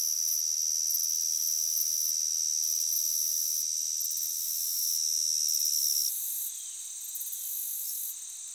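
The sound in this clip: Cricket chirping: a steady, very high-pitched continuous trill with faster pulsed buzzing layered above it. The trill drops in level near the end.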